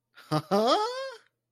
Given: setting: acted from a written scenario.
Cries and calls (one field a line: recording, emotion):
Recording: vocal sound without words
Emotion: positive surprise